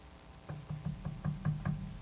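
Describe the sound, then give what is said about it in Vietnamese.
A woman knocks softly on the wooden door of a man's room, about seven dull taps in a steady rhythm with a low, hollow thud to each. “Một lúc sau thì có cái tiếng dài sột soạt, thì nàng đành đánh bạo để gõ khẽ vào cái cánh cửa.”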